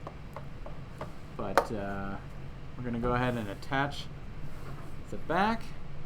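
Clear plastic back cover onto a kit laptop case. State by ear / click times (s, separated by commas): not seated / none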